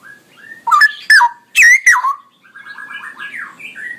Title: GILEEE Cucak ROWO Jantan GACOR Suara Lantang ROoo EL Panjang